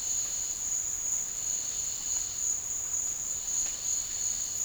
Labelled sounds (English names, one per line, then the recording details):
none
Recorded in dense forest near Puerto Asís, Putumayo, Colombia, on 9 March 2025 at 16:00
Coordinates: 0.484, -76.325
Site G045